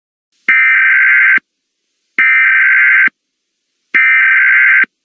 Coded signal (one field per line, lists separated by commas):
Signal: Emergency Alert System (SAME) tones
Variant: header bursts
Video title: EAS Scenario 43: Armaeggdon